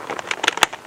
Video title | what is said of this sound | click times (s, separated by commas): SENA 20S Schuberth C3P Installation | that nice snap then | 0.5 s, 0.6 s